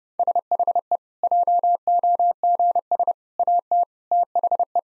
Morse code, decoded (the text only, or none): SHE JOGS AT THE